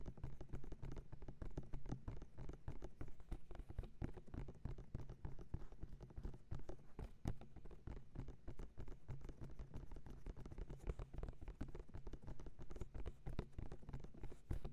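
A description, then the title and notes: Rapid ear tapping continues without pause, each tap a soft, muffled thump. The taps come densely and fairly evenly, with a heavy low rumble beneath them and a slightly sharper tap around the seven-second mark. The gentle and rhythmic sounds of ear tapping. A variety of materials to create a symphony of ear-tapping triggers.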